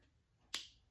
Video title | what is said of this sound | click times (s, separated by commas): Soft Pinch Liquid Blush DEMO & First Impressions - RARE BEAUTY By Selena Gomez | a click so it's secure i like that selena that's awesome | 0.5 s